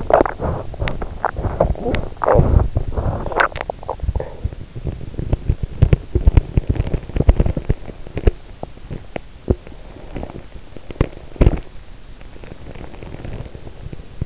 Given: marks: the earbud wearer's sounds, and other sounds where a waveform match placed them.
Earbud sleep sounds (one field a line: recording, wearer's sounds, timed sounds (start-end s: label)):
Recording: sounds in sleep by an in-ear microphone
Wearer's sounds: swallowing, teeth grinding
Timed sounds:
0.00-4.97 s: swallowing
4.97-14.26 s: teeth grinding